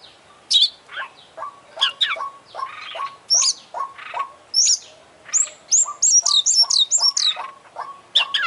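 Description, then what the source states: Oriental magpie-robin song: varied high whistles and sharp slurred notes over a regular string of short lower chips, becoming a rapid run of repeated whistles. Champion bird singing vigorously (gacor); from a collection of selected tutor songs (masteran) for training songbirds.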